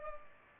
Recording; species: mosquito wingbeat signal from an infrared sensor; Culex pipiens